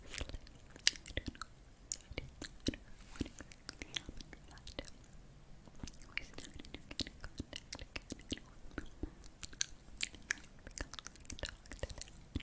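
Quiet whispering with the words hard to make out, carried mostly by wet mouth clicks and smacks. The sharp little clicks come thick and irregular for the whole twelve seconds, several per second, over a soft, hushed breathy layer.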